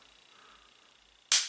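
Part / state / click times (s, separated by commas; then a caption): dust cover onto air rifle fill fitting / seated / 1.3 s. A slip-on dust cover with an o-ring seal is pushed onto the male Foster fill fitting of a Benjamin Akela .22 air rifle. After a quiet stretch with a faint steady hum and a small tick at 0.9 s, a sharp, loud click at 1.3 s trails off briefly. The cover snaps into place and is seated.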